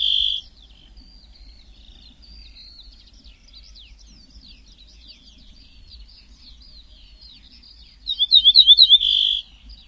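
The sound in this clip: Bird opening with a short buzzy trill, then faint scratchy twitters, and ending with a burst of rapid high chirps and another buzzy trill.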